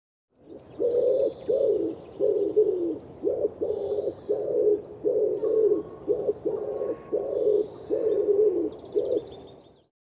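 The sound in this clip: Bird cooing, low soft notes repeated in a long run of many, with faint high chirps above.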